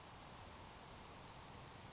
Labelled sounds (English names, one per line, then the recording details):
Grasshopper Sparrow
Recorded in Sonoma County, California